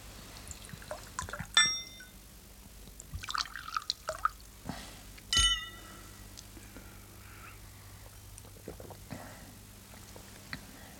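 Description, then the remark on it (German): Sherry pours and trickles in small splashes while two bright, ringing glass clinks stand out, one early and one midway, with soft clatter in between and no talking. “Trink mal ein Glas Sherry.”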